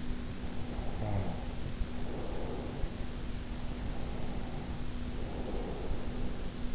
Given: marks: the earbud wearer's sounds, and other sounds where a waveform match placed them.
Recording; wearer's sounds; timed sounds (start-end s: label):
sounds in sleep by an in-ear microphone; snoring breath, breath
0.30-3.22 s: snoring breath
3.48-6.75 s: breath